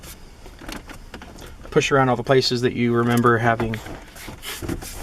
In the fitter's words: and then kind of gently push it back together it should snap into place